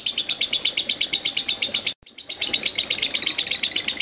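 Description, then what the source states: Lovebird chirping in quick, high bursts, broken by a sudden short silence midway before the rapid chatter resumes. Lovebird singing in the style locally called konslet.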